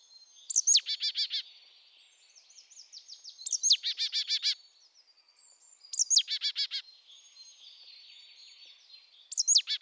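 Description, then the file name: Marsh tit calling, each phrase a bright downslurred note followed by a rapid run of nasal buzzy notes, repeated four times roughly every three seconds. "Poecile palustris"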